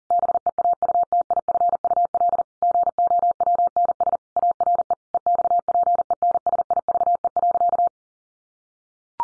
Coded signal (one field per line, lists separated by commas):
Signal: Morse code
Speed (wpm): 40 wpm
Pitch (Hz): 700 Hz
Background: none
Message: BEAUTIFUL GOWNS ARE EXPENSIVE.